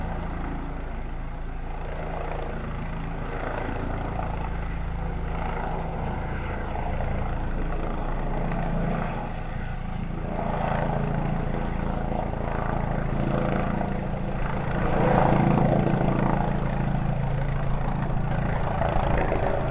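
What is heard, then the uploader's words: A police helicopter circles overhead, its low, steady rotor drone filling the air with a dense, continuous rumble. The sound slowly swells, peaking around fifteen seconds, then holds strong to the end, with little else audible beneath it. Police Helicopter Circling Overhead. Field recording of a police helicopter circling over our neighbourhood. Gear: Sony PCM-M10 built-in mics.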